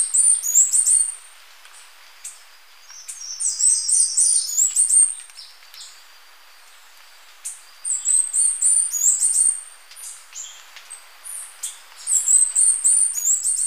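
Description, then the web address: Chestnut-capped Brush-Finch calling in thin, very high, sibilant bursts of one to two seconds, with pauses between them, four bursts in all. Recorded in Ecuador, South America. "Natures Songs S America Birds of Ecuador Chestnut-capped Brush-Finch"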